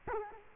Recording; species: mosquito wingbeat signal from an infrared sensor; Culex quinquefasciatus